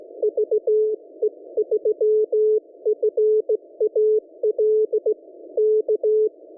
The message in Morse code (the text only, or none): VE3FAL K